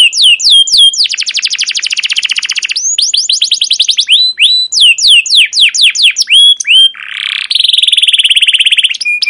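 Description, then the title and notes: Canary song with fast repeated downward chirps, a long rolling trill, more chirp series and a harsh low buzz before a high trill. Long, continuous chirping 'cuit cuit ngerol' canary song, used as a lure and master recording for teaching young captive canaries. "CUIT CUIT NGEROL GACOR PANJANG Kenari Pancingan KENAR. PANCINGAN Kenari GACOR PANJANG Cuit CUIT EMOSI MASTERAN Kenari PAUD belajar BUNYI. burung kenari"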